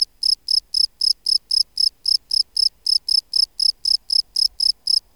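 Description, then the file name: Field cricket song of clear, ringing chirps repeated steadily in a rapid series, with no other sounds. "Bio Acoustica. Gryllus campestris"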